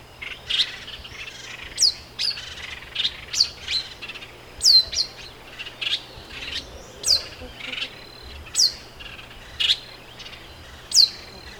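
Pale baywing calls: sharp high chirps and downward-sweeping notes, repeated every second or so, with softer chatter between them.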